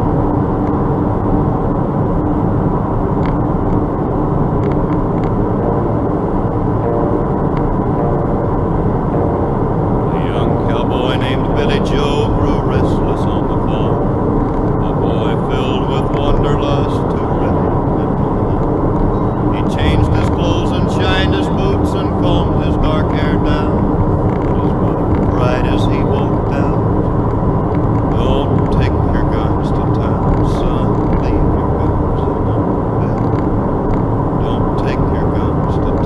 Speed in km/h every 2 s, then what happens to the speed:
77, 77, 77, 78, 78, 78, 79, 79, 79, 78, 75, 75, 76, 77, 77, 77, 77, 77.
0-36 steady at about 77.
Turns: none.